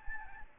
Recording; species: mosquito wingbeat signal from an infrared sensor; Anopheles gambiae